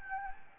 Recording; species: mosquito wingbeat signal from an infrared sensor; Anopheles gambiae